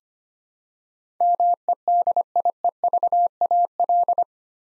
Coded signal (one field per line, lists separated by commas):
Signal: Morse code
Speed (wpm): 25 wpm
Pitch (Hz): 700 Hz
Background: none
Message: MEDIEVAL